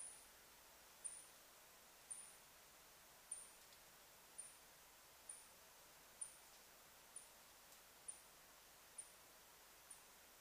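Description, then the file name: Birdlike noctule calls: short, high, downward-sweeping chirps repeated about once a second over faint background hiss. On 21 July 2009. "yamakoumori-20090721"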